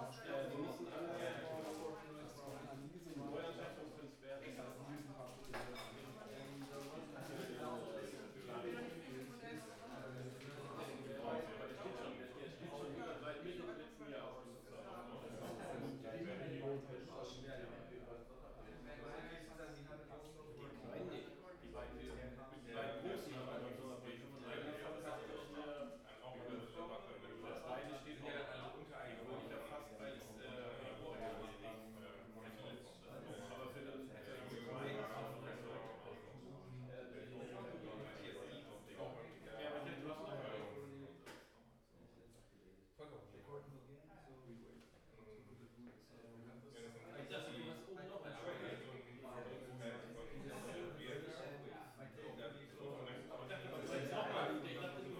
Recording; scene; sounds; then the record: everyday scene through a hearing-aid microphone; many people talking; many voices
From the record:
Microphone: behind the ear, right, rear